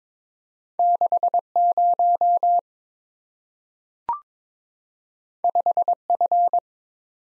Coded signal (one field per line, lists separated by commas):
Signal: Morse code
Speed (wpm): 22 wpm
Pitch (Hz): 700 Hz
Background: none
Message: 60 5F